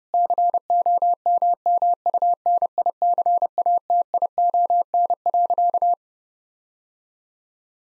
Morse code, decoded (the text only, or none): COMMUNICATION.